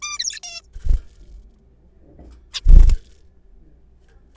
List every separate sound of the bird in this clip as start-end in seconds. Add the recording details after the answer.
0.02-0.40, 0.43-0.61, 2.54-2.60. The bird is a juvenile. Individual R3428